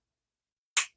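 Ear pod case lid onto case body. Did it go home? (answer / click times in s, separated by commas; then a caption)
yes / 0.8 s. After silence, the lid of a small handmade ear pod case is pressed closed onto the case body following an earlier try that didn't snap. A single sharp, bright snap is heard at 0.8 s and fades within about a tenth of a second. The lid is snapped shut and seated.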